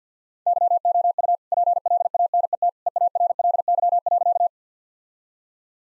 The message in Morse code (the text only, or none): YOU PLANET EARLY.